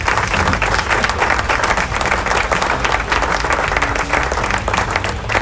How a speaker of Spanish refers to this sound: Aplauso.